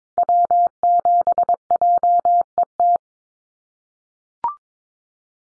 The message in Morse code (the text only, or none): W7JET